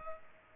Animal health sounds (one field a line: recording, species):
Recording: mosquito wingbeat signal from an infrared sensor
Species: Culex pipiens